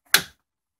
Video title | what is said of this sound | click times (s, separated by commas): Dell E2310Hc Repair | And the stand just snaps right in. | 0.1 s